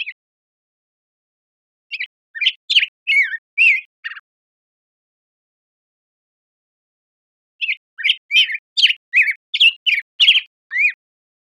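Black-headed grosbeak song: two bursts of rich, warbled notes, each a run of quick rising and falling whistles, separated by a long silent gap.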